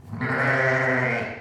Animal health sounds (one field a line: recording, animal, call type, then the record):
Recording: contact call of a hoofed animal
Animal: sheep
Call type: low-frequency (closed-mouth) or high-frequency (open-mouth) call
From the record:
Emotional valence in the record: positive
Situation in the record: reunion with pen mate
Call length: 1.41 s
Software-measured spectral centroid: 1640 Hz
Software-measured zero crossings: 2370 a second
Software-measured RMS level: -24 dBFS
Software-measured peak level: -9 dBFS